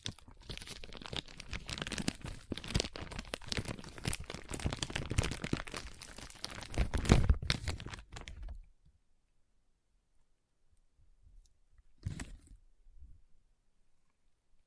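Foam being squeezed and rubbed makes a dense, continuous crinkling and crunching for the first eight seconds, with a few louder squeaky presses around seven seconds. Then it drops to near silence, broken by faint rustles and one brief crunchy burst near twelve seconds.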